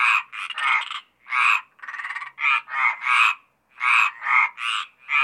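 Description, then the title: Mediterranean tree frogs croaking in a chorus: loud, rasping, pulsed croaks in quick succession, some overlapping, with short gaps between bursts. Several Mediterranean tree frogs calling at Apt, Vaucluse, in June 2010. "Sylvain Jaskowiak - Animus. Rainettes méridionales - Apt, Vaucluse - juin 2010"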